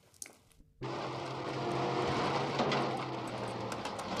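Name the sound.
bus driving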